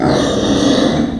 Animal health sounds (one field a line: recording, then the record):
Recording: squeal of a Yucatan mini pig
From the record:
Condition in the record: before surgery on the right vocal fold (resection and tissue-engineered implant)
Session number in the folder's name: 3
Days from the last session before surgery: 0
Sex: female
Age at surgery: 19 weeks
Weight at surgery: 25 kg